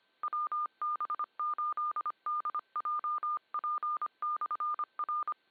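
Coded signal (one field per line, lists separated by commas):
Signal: Morse code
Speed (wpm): 25 wpm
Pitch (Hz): 1210 Hz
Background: none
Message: WB8DJP/R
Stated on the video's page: Heard on a 2 m club net on 146.64 MHz, received with a Flex 6700, DownEast Microwave preamp and Mosley 5/8 base antenna.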